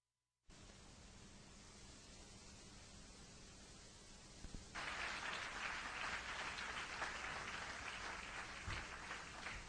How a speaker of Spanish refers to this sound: Dale un aplauso grande a Jesucristo.